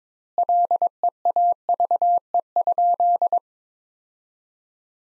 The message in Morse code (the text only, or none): LEAVE?